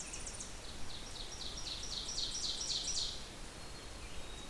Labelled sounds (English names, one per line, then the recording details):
Ovenbird song
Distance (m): 45 m
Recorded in boreal forest in Alberta, Canada, on 21 June 2016 at 05:43
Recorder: SongMeter 3, array SBT-6-81
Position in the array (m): 28 m, 292 m
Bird 26